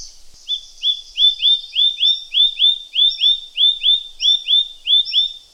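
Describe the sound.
Green-backed Tit calling: a steady series of many short, bright, rising whistled notes, a few paired with a higher thin note, against a quiet background.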